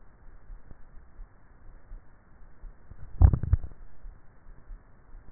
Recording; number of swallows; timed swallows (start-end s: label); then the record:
swallowing sounds by neck microphone; 1
3.02-3.65 s: swallow
From the record:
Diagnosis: dysphagia